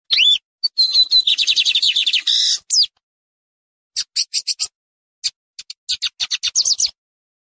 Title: Canto de Bigodinho. Canto de Bigode para Esquentar e Treinar seu Pássaro